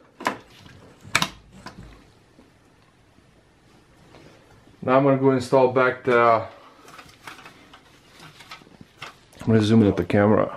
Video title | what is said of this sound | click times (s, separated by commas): Dell Optiplex 3060 Upgrade Gaming RAM SSD Video Card | stole the memory properly gonna hear two clicks now | 0.3 s, 1.2 s